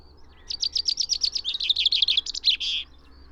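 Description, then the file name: Common chaffinch delivering one lively song of repeated chirps that speed up and descend, finishing with a brief emphatic end note. "Fringilla coelebs"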